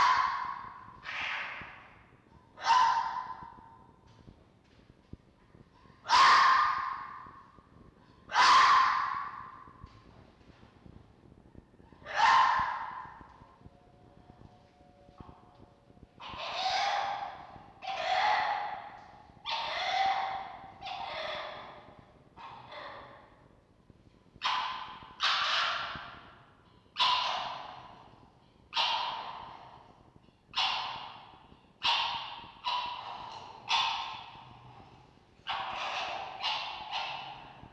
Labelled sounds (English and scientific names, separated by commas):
Red Fox (Vulpes vulpes)